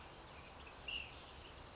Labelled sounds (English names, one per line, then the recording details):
Ash-throated Flycatcher
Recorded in Sonoma County, California